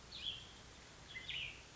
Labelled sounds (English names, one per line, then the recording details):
Cassin's Vireo
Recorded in Sonoma County, California